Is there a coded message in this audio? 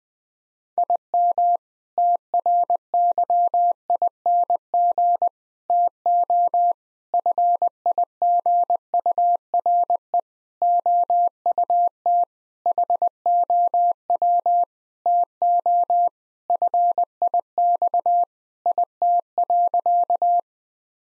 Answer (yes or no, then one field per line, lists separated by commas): yes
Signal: Morse code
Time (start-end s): 0.8-20.4 s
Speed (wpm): 21 wpm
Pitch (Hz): 700 Hz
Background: none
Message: IM TRYING TO FIGURE OUT HOW TO FIX IT.